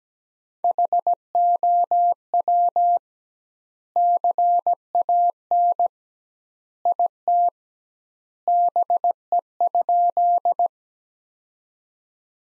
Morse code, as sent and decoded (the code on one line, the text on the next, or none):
.... --- .-- / -.-. .- -. / .. - / -... . ..--..
HOW CAN IT BE?